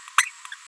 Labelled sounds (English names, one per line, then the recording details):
Green-rumped Parrotlet babbling
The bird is a female
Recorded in a nest box in Venezuela
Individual 17B73B2